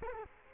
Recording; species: mosquito wingbeat signal from an infrared sensor; Culex quinquefasciatus